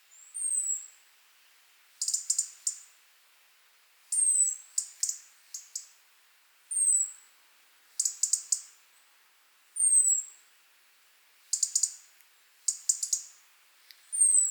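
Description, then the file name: European robin alternating high, thin, falling whistles with short bursts of dry ticking, repeated roughly every two seconds. "Erithacus rubecula"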